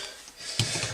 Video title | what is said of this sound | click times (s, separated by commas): Dissassembly of A&K M249 Saw mechbox | you hear that click and it's all the way in | 0.6 s